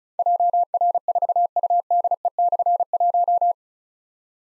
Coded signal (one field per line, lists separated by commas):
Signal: Morse code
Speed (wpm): 36 wpm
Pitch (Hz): 700 Hz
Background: none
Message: JR4UDE/1